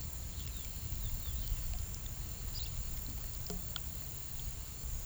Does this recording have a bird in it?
no